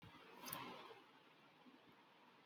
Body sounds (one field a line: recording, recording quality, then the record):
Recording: shallow voluntary cough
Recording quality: poor, much background noise or distortion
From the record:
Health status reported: healthy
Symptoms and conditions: none ticked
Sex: male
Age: 37 years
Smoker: not ticked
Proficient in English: yes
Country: India